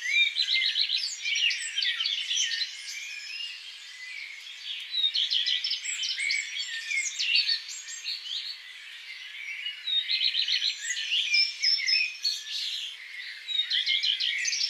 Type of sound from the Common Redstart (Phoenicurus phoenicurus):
song